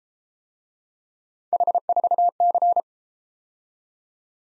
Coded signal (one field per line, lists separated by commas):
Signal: Morse code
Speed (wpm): 32 wpm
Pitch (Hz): 700 Hz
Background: none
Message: H4C